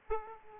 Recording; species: mosquito wingbeat signal from an infrared sensor; Aedes aegypti